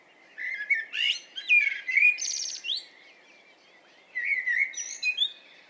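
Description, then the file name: Common blackbird song: a mellow fluted warble ending in a high squeaky twitter, then a pause of about a second and a second, similar phrase. "Turdus merula"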